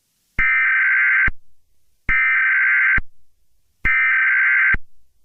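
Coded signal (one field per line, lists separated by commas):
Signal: Emergency Alert System (SAME) tones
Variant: header bursts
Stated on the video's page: Self-made mock Emergency Alert System scenario; the alert is simulated, not a real broadcast.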